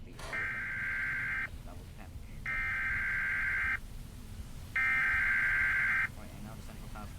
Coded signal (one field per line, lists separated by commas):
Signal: Emergency Alert System (SAME) tones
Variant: header bursts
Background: speech